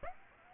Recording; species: mosquito wingbeat signal from an infrared sensor; Aedes aegypti